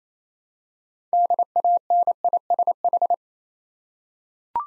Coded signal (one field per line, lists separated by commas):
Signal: Morse code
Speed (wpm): 27 wpm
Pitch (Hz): 700 Hz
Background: none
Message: DANISH